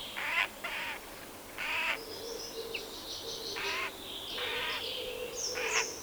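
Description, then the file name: Eurasian jay calling with rough, hoarse screeches in uneven bursts, some doubled. "Garrulus glandarius"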